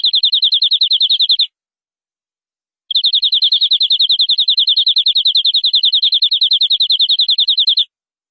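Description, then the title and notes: Canary song: a fast, even, high-pitched trill of identical notes that stops briefly, then resumes for about five seconds. "BM Suara Kenari. BM Suara Burung Kenari"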